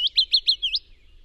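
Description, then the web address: Willow warbler giving a short phrase of four quick high slurred notes and a rising final note, under a second long. "chant Pouillot fitis"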